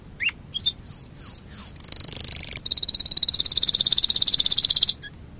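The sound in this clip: Waterslager canary singing slurred whistled notes that lead into a sustained, rapid, even high trill, which then stops abruptly with a last short note.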